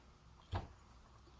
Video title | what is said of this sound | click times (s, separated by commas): Scooter Head 4T | Just like that. Not too difficult, they snap right into place. | 0.4 s